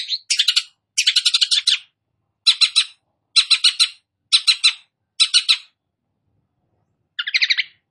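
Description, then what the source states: Long-tailed shrike song: rasping chattered phrases of several quick notes, repeated about every second, ending with a lower trill after a pause. Called cendet; described as gacor, singing actively.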